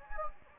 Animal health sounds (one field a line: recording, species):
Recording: mosquito wingbeat signal from an infrared sensor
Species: Anopheles gambiae